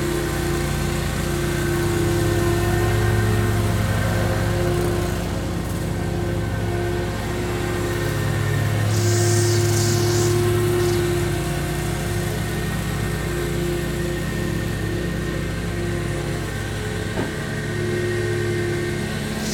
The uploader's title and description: Cutting the Grass. The lawn maintenance company cutting our lawn